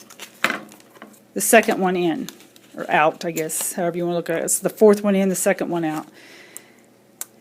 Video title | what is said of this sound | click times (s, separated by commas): StampinUp Gorgeous Grunge | so just put that on there you hear it click when it hits that magnetic and then put my plate on top of it | 7.2 s